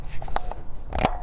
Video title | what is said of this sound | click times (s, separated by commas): BMW 3 Series E90 325i (N52) Oil Change DIY How To | and that just clicks into place. | 0.4 s